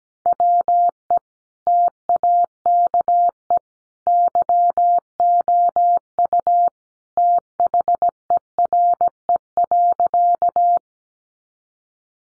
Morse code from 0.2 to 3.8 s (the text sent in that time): WE TAKE